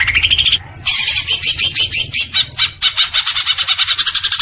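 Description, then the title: Leafbird song, a loud rapid run of harsh, buzzy chattering notes with squeaky whistled slurs, continuing almost without pause. Singing actively (gacor). "Cucak Ijo Gacor"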